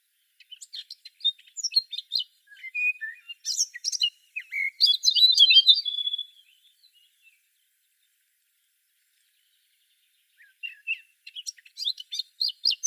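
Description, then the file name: Eurasian blackcap song: quick scratchy, twittering notes building into a dense warbled burst, then silence of several seconds before another scratchy phrase begins. "Sylvia atricapilla"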